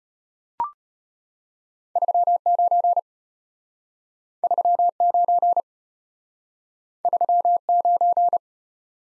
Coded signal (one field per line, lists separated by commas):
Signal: Morse code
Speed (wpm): 33 wpm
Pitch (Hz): 700 Hz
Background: none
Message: 39 39 39